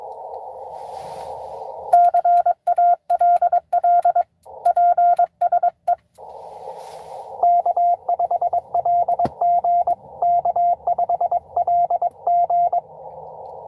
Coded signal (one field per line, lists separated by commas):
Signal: Morse code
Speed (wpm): 22 wpm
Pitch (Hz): 700 Hz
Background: radio noise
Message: CALL PSE K5LG K5LG